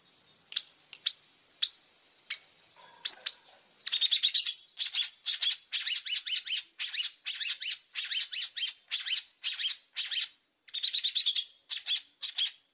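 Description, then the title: Oriental magpie-robin song: faint scattered notes, then loud, buzzy repeated phrases in quick succession with short breaks. Whistled song of an Oriental magpie-robin in full, active voice, used as a lure to prompt other magpie-robins to answer. "Pancingan Suara Siulan Kacer Gacor Mantap Untuk Memancing Kacer Lain Agar Mau Nyaut Bunyi"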